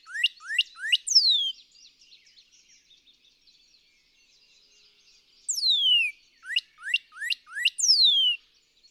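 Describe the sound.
Northern cardinal sings two phrases of rising whistled notes and long falling slurs, separated by a few seconds of faint background chatter.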